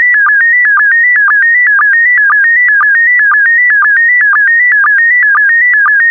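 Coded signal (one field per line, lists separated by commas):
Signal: SSTV (slow-scan television)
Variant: PD120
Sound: repeating warbling tone pattern with short low sync blips about twice per second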